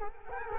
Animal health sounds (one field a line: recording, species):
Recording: mosquito wingbeat signal from an infrared sensor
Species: Culex quinquefasciatus